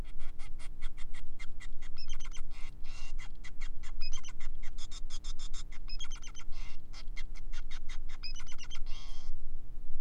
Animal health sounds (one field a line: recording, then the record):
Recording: song of a male Bengalese finch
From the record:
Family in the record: son of father 5